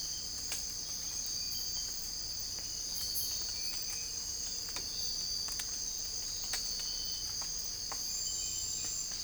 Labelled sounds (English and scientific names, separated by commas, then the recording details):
none
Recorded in secondary vegetation near Puerto Asís, Putumayo, Colombia, on 22 December 2024 at 05:00
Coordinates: 0.481, -76.318
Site G042